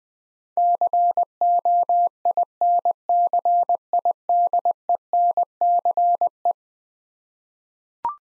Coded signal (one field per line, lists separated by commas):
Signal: Morse code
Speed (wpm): 20 wpm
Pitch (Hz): 700 Hz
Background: none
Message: COINCIDENCE